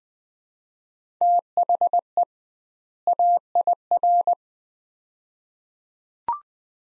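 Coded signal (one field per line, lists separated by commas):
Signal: Morse code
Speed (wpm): 20 wpm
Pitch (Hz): 700 Hz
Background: none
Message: THE AIR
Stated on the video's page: Morse practice at 20 wpm: two-word sets with 2x word-spacing, a Farnsworth-like head-copy drill.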